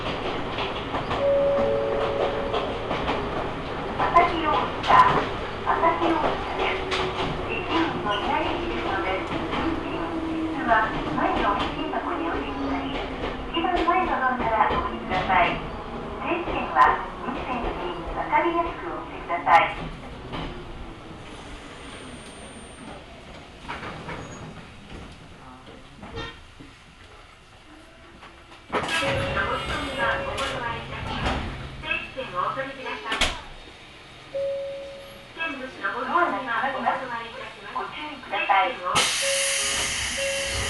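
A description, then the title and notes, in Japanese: Inside a local train, steady low wheel rumble and motor whine fade toward a quiet stop near 25 seconds, then resume with chatter. 耳で楽しむ鉄道旅 水口・蒲生野線 八日市→貴生川。近江鉄道の南部を走る路線、水口を通りながら貴生川へと抜けていきます。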